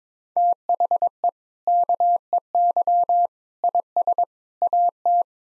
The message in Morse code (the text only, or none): THE KEY IS AT